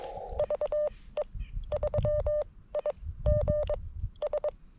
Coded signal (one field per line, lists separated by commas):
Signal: Morse code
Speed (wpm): 21 wpm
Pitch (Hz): 590 Hz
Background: none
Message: VE3IGS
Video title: CW POTA at K-5221 with the FX-4CR and WRC 213" Antenna